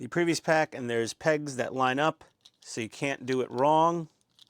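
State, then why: Not seated. Someone talks while handling two parts of a large-scale Agora Models Generation 1 Optimus Prime Transformers partwork kit, pack 2, lining up a part with one from the previous pack using aligning pegs. The clip ends just before the part goes home, and nothing has seated or clicked yet.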